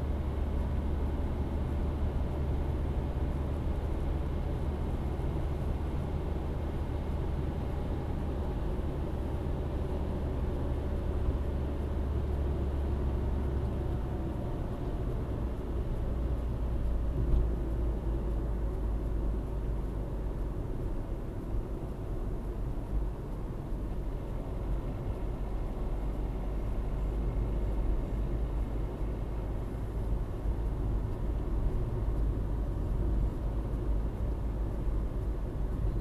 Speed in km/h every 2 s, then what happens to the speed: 77, 77, 78, 78, 78, 75, 70, 63, 58, 54, 51, 50, 52, 54, 55, 55, 54, 53.
0-11 steady at about 77. 11-21 slows to 50. 21-36 steady at about 54.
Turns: none.